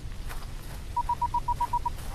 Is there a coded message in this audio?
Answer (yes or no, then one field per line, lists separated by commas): no